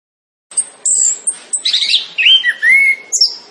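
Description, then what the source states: Orange-headed thrush giving a brief burst of song: thin high whistles, then a scratchy phrase and a clear lower whistle that rises and falls. In vigorous full song.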